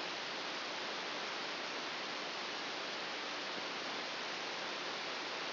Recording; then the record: brain microelectrode recording played as sound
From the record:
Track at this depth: inside the subthalamic nucleus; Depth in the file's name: 1.005 mm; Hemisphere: right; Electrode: 2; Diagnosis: Parkinson's disease